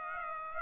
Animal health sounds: mosquito wingbeat signal from an infrared sensor; Aedes aegypti

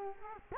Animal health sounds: mosquito wingbeat signal from an infrared sensor; Culex quinquefasciatus

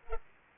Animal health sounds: mosquito wingbeat signal from an infrared sensor; Culex pipiens

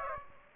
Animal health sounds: mosquito wingbeat signal from an infrared sensor; Aedes aegypti

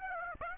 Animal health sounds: mosquito wingbeat signal from an infrared sensor; Aedes aegypti

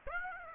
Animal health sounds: mosquito wingbeat signal from an infrared sensor; Aedes aegypti

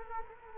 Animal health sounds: mosquito wingbeat signal from an infrared sensor; Culex quinquefasciatus

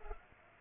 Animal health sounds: mosquito wingbeat signal from an infrared sensor; Culex pipiens

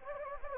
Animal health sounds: mosquito wingbeat signal from an infrared sensor; Anopheles gambiae

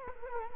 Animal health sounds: mosquito wingbeat signal from an infrared sensor; Culex quinquefasciatus

